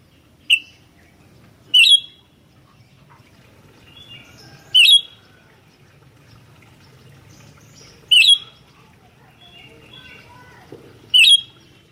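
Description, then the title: Sooty-headed bulbul calls: five bright, sharp notes every few seconds, with faint soft chatter between. "kutilang"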